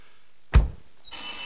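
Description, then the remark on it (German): A dull, heavy thump is followed by a moment of quiet, then an old-style telephone bell starts ringing, a bright, continuous metallic jangle that runs until the end. “Das Telefon klingelt.”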